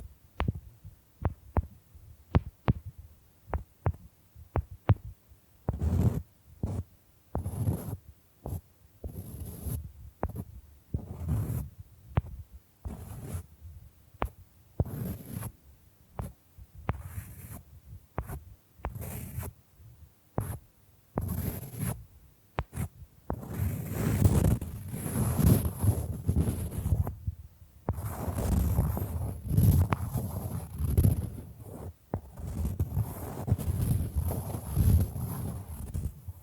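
Bamboo is tapped, scratched and brushed. The first seconds bring sparse, sharp knocks, then taps grow denser and irregular with low hollow thumps under them. From about 23 seconds on, steadier scraping and brushing fill in with a bright hiss between the hits.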